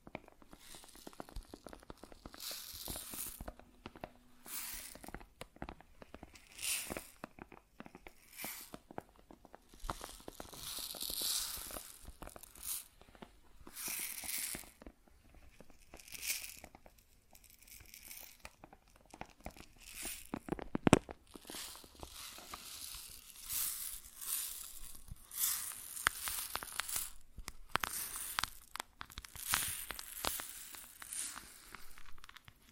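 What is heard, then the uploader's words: Grain sounds: a continuous run of dry, gritty rustling and crunching, like kernels being poured, shifted and crushed. Bursts of bright hissy texture come and go every second or two, with a sharper, louder crunch near 21 seconds and busier activity toward the end. ASMR Grain Sounds (No Talking).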